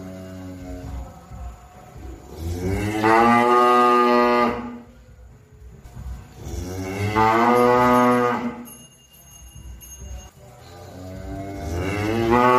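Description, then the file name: Cow: cattle lowing in long drawn-out moos, one every four to five seconds, each swelling and fading, with a third starting at the close. "suara sapi"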